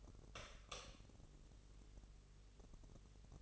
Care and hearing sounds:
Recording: daily activity, microphone in the room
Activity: light on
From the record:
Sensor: 4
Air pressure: 996.1 hPa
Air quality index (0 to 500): 67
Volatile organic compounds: 2 ppm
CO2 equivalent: 1220 ppm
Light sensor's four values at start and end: 15/34/13/13 and 18/46/18/18

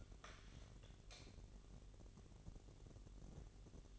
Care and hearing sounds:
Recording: daily activity, microphone in the room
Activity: light on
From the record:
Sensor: 4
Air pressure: 1012.7 hPa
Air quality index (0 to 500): 246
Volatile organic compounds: 4 ppm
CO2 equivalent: 1680 ppm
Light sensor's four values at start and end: 15/34/14/14 and 17/44/17/18

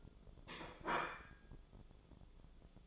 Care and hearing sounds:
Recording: daily activity, microphone in the room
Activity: place plate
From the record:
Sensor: 5

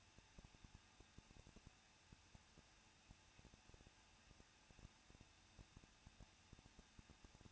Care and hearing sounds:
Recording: daily activity, microphone in the room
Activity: no activity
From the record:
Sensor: 2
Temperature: 21.0 degrees Celsius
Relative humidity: 37.3%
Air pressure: 1006.2 hPa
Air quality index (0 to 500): 221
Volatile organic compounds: 24 ppm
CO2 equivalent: 2800 ppm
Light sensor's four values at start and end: 2/3/2/2 and 2/3/2/2

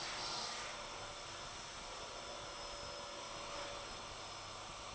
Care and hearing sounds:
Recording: daily activity, microphone in the room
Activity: vacuum cleaning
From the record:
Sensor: 5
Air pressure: 988.8 hPa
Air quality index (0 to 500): 236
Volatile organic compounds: 200 ppm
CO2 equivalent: 4213 ppm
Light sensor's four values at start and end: 39/124/48/51 and 39/124/48/51

